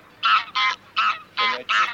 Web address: Гусь серый Oca selvatica